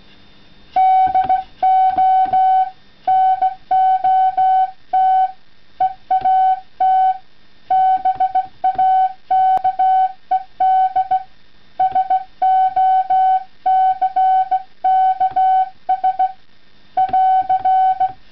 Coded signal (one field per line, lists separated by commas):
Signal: Morse code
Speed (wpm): 16 wpm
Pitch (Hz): 750 Hz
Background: none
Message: DO NOT EAT BAKED SOCKS <AR>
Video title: OH6DC Waffle iron CW key